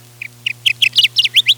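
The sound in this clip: Kirtland's Warbler singing one brief phrase: a few quiet chips building to loud, emphatic notes, with a constant low hum underneath.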